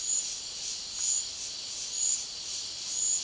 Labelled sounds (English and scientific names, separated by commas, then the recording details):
none
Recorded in dense forest near Puerto Asís, Putumayo, Colombia, on 18 February 2024 at 12:00
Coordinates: 0.502, -76.326
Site G6460